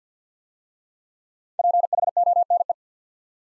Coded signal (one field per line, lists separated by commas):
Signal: Morse code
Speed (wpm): 48 wpm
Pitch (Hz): 700 Hz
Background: none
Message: PHONE